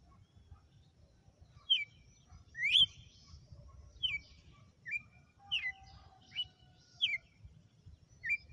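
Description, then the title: Red-cowled cardinal song: a series of sharp whistled slurred notes over a quiet background. Female; sang one lash (açoite) of song after another today. "Canto Galo Campina Fêmea. Galo de campina,hj foi um açoite atrás do outro"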